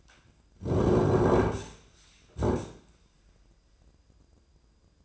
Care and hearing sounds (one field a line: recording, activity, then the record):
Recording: daily activity, microphone in the room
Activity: sit down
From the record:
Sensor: 2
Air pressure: 995.8 hPa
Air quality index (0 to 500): 243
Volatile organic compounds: 1000 ppm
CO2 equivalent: 6005 ppm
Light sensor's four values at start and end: 27/65/29/31 and 28/67/29/32